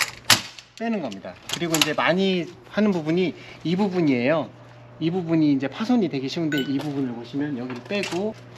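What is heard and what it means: A spring-type lock on a camper support leg is engaged and clicks into place at 0.3 seconds, showing it is locked. Someone then talks through the rest of the clip.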